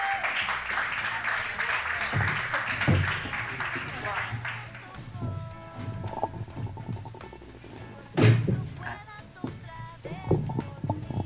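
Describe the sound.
An audience applauds with dense, steady clapping to welcome two guests who will read poems, tapering off after about five seconds. Voices and a few soft thumps follow.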